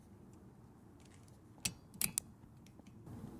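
On a Mercedes W166 ML350, the new, smaller passenger-side wiper blade with a plastic adapter is slid down onto the metal wiper arm hook. Quiet handling noise gives way to sharp clicks around 1.7 and 2.0 seconds, then a crisp snap at 2.2 seconds as the adapter locks into place. The blade is confirmed seated on the arm.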